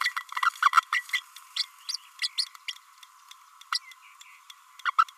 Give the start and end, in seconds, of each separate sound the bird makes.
0.00-0.12, 0.16-0.21, 0.45-0.50, 0.62-0.71, 0.73-0.82, 0.92-1.03, 1.13-1.23, 1.56-1.63, 1.89-1.97, 2.22-2.29, 2.38-2.45, 3.72-3.79, 4.85-4.91, 4.98-5.04